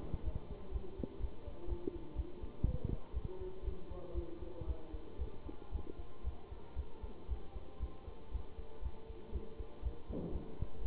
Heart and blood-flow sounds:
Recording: heart sounds by stethoscope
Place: between the tricuspid and mitral areas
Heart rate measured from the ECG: 119 bpm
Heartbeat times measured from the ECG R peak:
0.22 s: heartbeat
0.71 s: heartbeat
1.19 s: heartbeat
1.67 s: heartbeat
2.15 s: heartbeat
2.64 s: heartbeat
3.12 s: heartbeat
3.63 s: heartbeat
4.13 s: heartbeat
4.66 s: heartbeat
5.18 s: heartbeat
5.71 s: heartbeat
6.23 s: heartbeat
6.75 s: heartbeat
7.27 s: heartbeat
7.79 s: heartbeat
8.30 s: heartbeat
8.81 s: heartbeat
9.31 s: heartbeat
9.82 s: heartbeat
10.31 s: heartbeat
10.80 s: heartbeat
From the record:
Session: Bruce protocol treadmill stress test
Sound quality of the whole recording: good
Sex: male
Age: 23 years

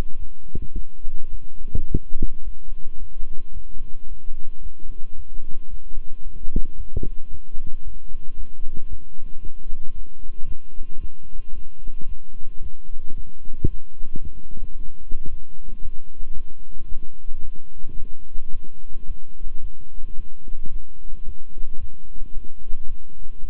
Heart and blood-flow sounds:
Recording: heart sounds by stethoscope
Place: between the tricuspid and mitral areas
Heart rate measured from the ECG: 111 bpm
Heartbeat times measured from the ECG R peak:
0.18 s: heartbeat
0.74 s: heartbeat
1.30 s: heartbeat
1.87 s: heartbeat
2.43 s: heartbeat
2.98 s: heartbeat
3.52 s: heartbeat
4.07 s: heartbeat
4.61 s: heartbeat
5.15 s: heartbeat
5.69 s: heartbeat
6.22 s: heartbeat
6.76 s: heartbeat
7.30 s: heartbeat
7.83 s: heartbeat
8.35 s: heartbeat
8.88 s: heartbeat
9.41 s: heartbeat
9.94 s: heartbeat
10.46 s: heartbeat
10.99 s: heartbeat
11.53 s: heartbeat
12.07 s: heartbeat
12.61 s: heartbeat
13.15 s: heartbeat
13.69 s: heartbeat
14.22 s: heartbeat
14.75 s: heartbeat
15.28 s: heartbeat
15.81 s: heartbeat
16.33 s: heartbeat
16.87 s: heartbeat
17.41 s: heartbeat
17.95 s: heartbeat
18.51 s: heartbeat
19.06 s: heartbeat
19.60 s: heartbeat
20.15 s: heartbeat
20.70 s: heartbeat
21.24 s: heartbeat
21.79 s: heartbeat
22.33 s: heartbeat
22.87 s: heartbeat
23.40 s: heartbeat
From the record:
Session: walking at 3.7 km/h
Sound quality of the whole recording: good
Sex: male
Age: 26 years

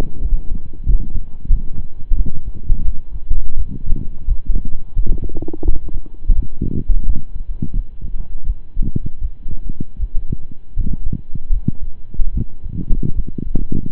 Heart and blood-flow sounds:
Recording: heart sounds by stethoscope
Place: between the tricuspid and mitral areas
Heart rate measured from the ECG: 83 bpm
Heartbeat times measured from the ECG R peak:
0.19 s: heartbeat
0.84 s: heartbeat
1.48 s: heartbeat
2.14 s: heartbeat
2.83 s: heartbeat
3.54 s: heartbeat
4.25 s: heartbeat
4.93 s: heartbeat
5.62 s: heartbeat
6.33 s: heartbeat
7.03 s: heartbeat
7.72 s: heartbeat
8.44 s: heartbeat
9.19 s: heartbeat
9.97 s: heartbeat
10.74 s: heartbeat
11.50 s: heartbeat
12.31 s: heartbeat
13.13 s: heartbeat
13.89 s: heartbeat
From the record:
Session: slow and fast walking with breaks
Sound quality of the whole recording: saturated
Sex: male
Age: 25 years

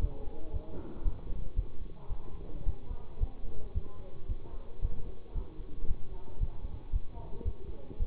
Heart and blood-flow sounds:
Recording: heart sounds by stethoscope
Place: between the tricuspid and mitral areas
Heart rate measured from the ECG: 113 bpm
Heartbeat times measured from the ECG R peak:
0.51 s: heartbeat
1.03 s: heartbeat
1.54 s: heartbeat
2.07 s: heartbeat
2.64 s: heartbeat
3.18 s: heartbeat
3.73 s: heartbeat
4.27 s: heartbeat
4.80 s: heartbeat
5.33 s: heartbeat
5.86 s: heartbeat
6.38 s: heartbeat
6.91 s: heartbeat
7.43 s: heartbeat
7.97 s: heartbeat
From the record:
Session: bicycle stress test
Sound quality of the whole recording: good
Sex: male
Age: 24 years

